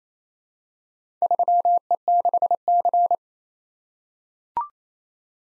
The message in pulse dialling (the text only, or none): none